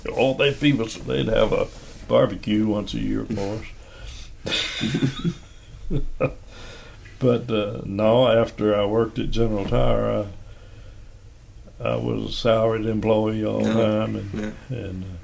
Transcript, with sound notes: All they’d feed us, they’d have a barbecue once a year for us, [chuckles] but…no, after I worked at General Tire,I was a salaried employee all the time and…